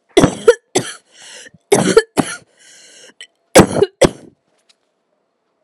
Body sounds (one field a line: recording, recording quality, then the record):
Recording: heavy voluntary cough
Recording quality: excellent, no background noise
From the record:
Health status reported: healthy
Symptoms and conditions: none ticked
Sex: female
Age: 26 years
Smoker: not ticked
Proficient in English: yes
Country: India